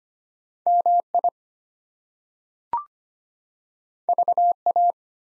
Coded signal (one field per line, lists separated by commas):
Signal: Morse code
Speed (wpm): 25 wpm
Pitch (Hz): 700 Hz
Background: none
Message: MI VA